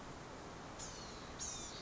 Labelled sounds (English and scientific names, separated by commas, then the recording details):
Blue-gray Gnatcatcher (Polioptila caerulea)
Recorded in Sonoma County, California